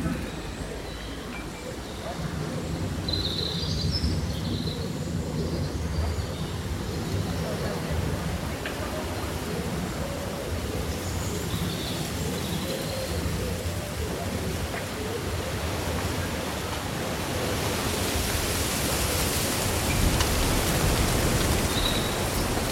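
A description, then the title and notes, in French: Leaves rustle in a steady, dense hiss over a low rumbling drone. A few faint bird chirps come through near the start and again around the middle. In the last few seconds the rustling swells brighter and louder. Vent lors d’une journée d’été : Feuilles bruissantes et chants d’oiseaux. La symphonie des feuilles qui bruissent et les mélodies des oiseaux locaux.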